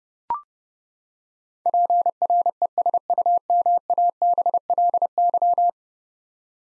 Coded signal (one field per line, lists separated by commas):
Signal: Morse code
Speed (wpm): 30 wpm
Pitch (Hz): 700 Hz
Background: none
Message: PRESUMABLY